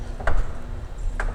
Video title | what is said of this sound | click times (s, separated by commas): 2021 Mazda CX-5 Kuro Edition AWD Review - Park Mazda | and you can hear it latch into place and you're all good to go | 1.2 s